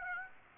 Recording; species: mosquito wingbeat signal from an infrared sensor; Aedes aegypti